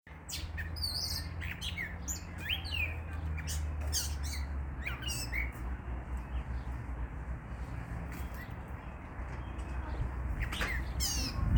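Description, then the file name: Gray catbird calling with varied short chirps, slurred notes and squeaky phrases in quick irregular bursts, over a steady low hum and background noise. "Dumetella carolinensis audio"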